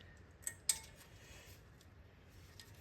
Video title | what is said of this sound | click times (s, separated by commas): 2013 Ford F-150 Front Brakes and Rotors Replacement | And um you just got to be persistent and they will snap into place. You'll hear them snap. There we go. | 0.5 s, 0.7 s